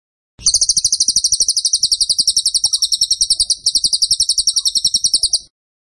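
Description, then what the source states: Bird song: a long, evenly paced series of sharp, high chirps, with a short softer moment partway through, about five seconds in all. Masteran (training) recording of a bird singing actively (gacor) with tembakan phrases.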